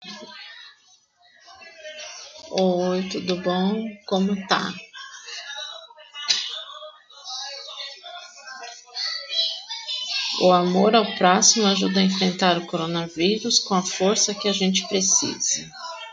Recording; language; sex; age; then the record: spoken sentence; Brazilian Portuguese; female; 30 to 39 years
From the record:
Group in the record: control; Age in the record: 35 years